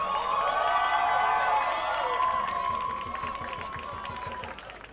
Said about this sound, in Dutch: Mag ik een applaus voor